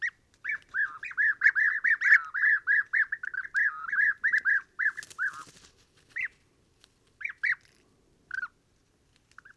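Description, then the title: European bee-eaters calling, a dense run of rolling, burry notes for about six seconds, then scattered single calls. Pre-migration roost gathering in a very large acacia, Oasis Mayateg, Adrar, Mauritania, 22 February 2019, recorded in the evening and at morning waking; Tlp7 and MixPre 3. "Dortoir de Guêpier d'Europe - Mauritanie"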